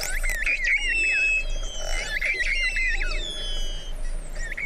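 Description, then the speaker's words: Long-finned pilot whale whistles, wavering and sliding tones, mixed with clicks over a steady hiss. Mediterranean pilot whale, played back to listeners. "Avez-vous déjà entendu le son d'un globicéphale de Méditerranée"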